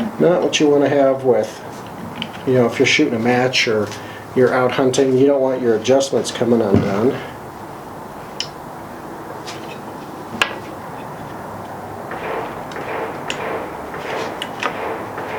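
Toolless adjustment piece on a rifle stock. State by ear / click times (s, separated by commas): not seated / none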